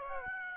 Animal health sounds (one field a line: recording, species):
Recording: mosquito wingbeat signal from an infrared sensor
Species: Aedes aegypti